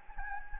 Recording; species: mosquito wingbeat signal from an infrared sensor; Anopheles gambiae